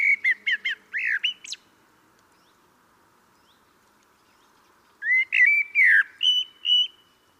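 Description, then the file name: Common blackbird song: a fast run of whistled notes with a squeaky ending, a few seconds of quiet, then a second phrase of mellow, falling and level whistles. "Turdus merula"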